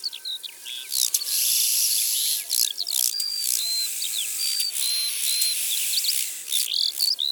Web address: Arcyptere bariolee. abc de la nature